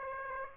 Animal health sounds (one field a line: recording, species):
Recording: mosquito wingbeat signal from an infrared sensor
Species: Aedes aegypti